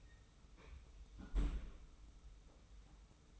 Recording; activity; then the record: daily activity, microphone in the room; close fridge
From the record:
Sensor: 1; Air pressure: 991.1 hPa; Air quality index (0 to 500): 112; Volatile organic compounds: 118 ppm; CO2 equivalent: 3865 ppm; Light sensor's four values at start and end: 21/49/20/22 and 20/49/20/22